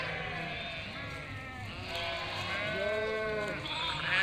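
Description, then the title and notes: Sheep bleating in a flock, several overlapping wavering bleats of different pitches, louder near the end. Flock of 467 sheep and lambs bleating in chorus while grazing and moving in spring, eating grass and wild garlic; Chindrieux, France; binaural, Fostex FR2 LE, recordist travelling by bicycle. "847 Rue de Vars, 73310 Chindrieux, France - Troupeau de moutons. troupeau de 467 moutons et agneaux. Bêlements en chorale très spacialisée et en mouvement"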